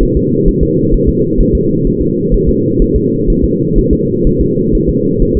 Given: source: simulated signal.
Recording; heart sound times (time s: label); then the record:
fetal heart sounds
0.03 s: S1
0.17 s: S2
0.48 s: S1
0.63 s: S2
0.94 s: S1
1.09 s: S2
1.41 s: S1
1.55 s: S2
1.87 s: S1
2.02 s: S2
2.34 s: S1
2.49 s: S2
2.82 s: S1
2.96 s: S2
3.30 s: S1
3.44 s: S2
3.78 s: S1
3.93 s: S2
4.27 s: S1
4.41 s: S2
4.75 s: S1
4.89 s: S2
5.22 s: S1
5.37 s: S2
From the record:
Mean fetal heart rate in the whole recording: 130 bpm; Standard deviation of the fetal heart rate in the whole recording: 4 bpm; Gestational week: 38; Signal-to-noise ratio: -11.2 dB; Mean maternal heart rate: 72 bpm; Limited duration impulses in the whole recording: present